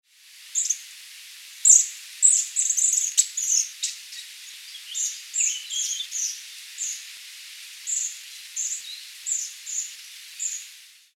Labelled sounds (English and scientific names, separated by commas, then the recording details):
Eurasian Nuthatch (Sitta europaea)
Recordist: Tembrock, Günter
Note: Rufe flügger Jungvögel